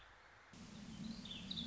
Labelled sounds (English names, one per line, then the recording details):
Warbling Vireo
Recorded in Sonoma County, California